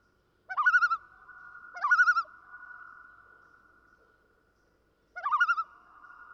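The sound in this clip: Common loon giving three short quavering, laughing bursts, each followed by a lingering steady tone that fades slowly; otherwise quiet.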